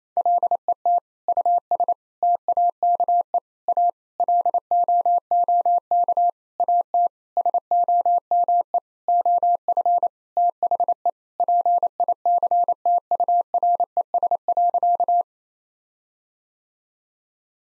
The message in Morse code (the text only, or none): LET US TAKE A LOOK AT SOME OF THE PICTURES.